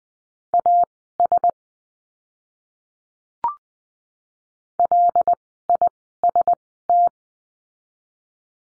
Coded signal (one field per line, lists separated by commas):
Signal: Morse code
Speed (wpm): 20 wpm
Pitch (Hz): 700 Hz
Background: none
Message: AS LIST